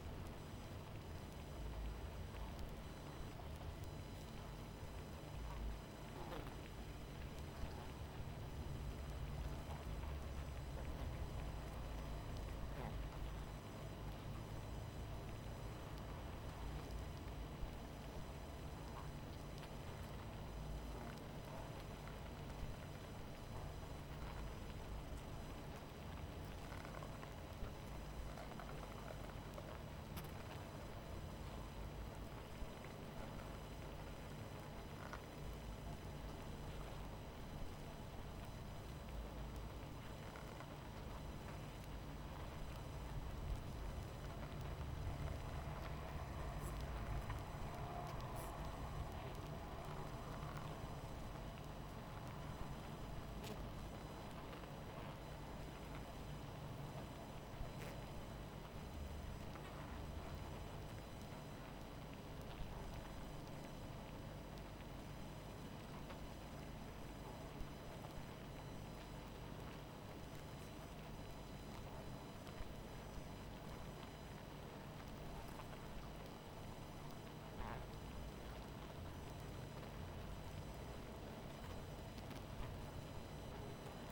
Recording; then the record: honeybee colony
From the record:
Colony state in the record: missing queen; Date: 14 July 2017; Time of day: 23:06